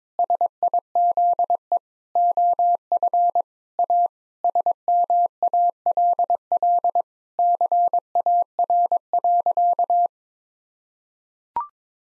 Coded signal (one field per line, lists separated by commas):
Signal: Morse code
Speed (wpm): 22 wpm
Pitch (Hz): 700 Hz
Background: none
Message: SIZE OF A SMALL CAR.